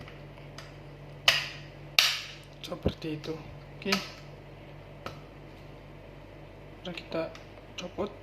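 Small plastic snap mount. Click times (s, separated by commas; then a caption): 2.0 s. The plastic quick-release mount of a Brica Pro 5 action camera is pushed into its adhesive base while someone talks. A sharp hit at 1.3 s is followed by a loud, sharp click at 2.0 s as the mount seats in place, then softer handling knocks follow.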